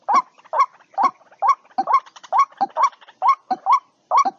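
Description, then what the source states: White-breasted waterhen giving quick rising nasal notes mixed with short stuttering clucks, about two notes a second. Calling to its flock.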